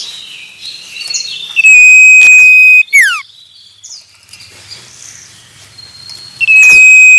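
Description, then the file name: Common iora song: a long level whistle then a sharp descending slur, later another whistle, over a background of chirping birds and a faint low hum. Male. "suara burung cipoh jantan"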